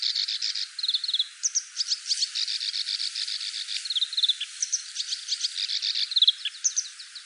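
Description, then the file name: Black-browed reed warbler song: busy, scratchy high chatter mixed with short downslurred notes, running on without pause. "koyoshi"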